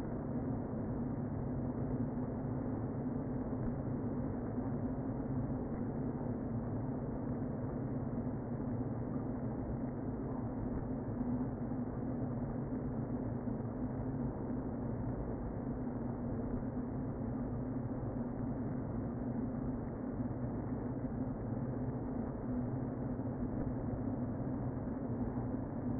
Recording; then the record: honeybee colony, microphone inside the hive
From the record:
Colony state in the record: queen present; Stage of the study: before two queens were removed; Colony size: about 60,000 bees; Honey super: yes